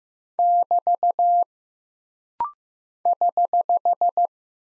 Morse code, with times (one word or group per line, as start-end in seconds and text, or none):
0.4-1.4 <BT>
3.1-4.3 <HH>